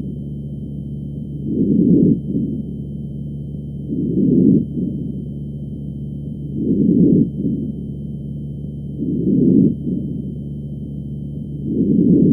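Normal vesicular breath sounds heard over an adult chest with a stethoscope: soft, low-pitched rustling breaths at about 24 per minute, with the inspiratory phase louder and longer than the faint expiration.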